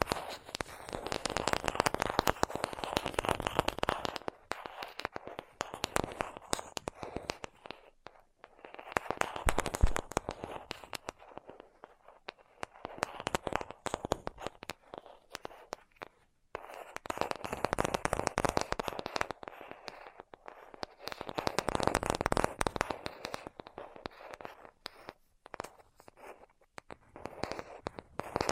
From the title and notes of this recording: ASMR 10 Levels of Tapping Tingle Immunity Treatment (No Talking).